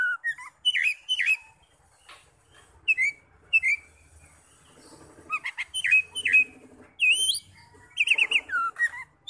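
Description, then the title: Oriental magpie-robin with rich warbled whistles and twisting slurred notes, quiet stretches between phrases, plus a faint low chattering in the background. "Kacer"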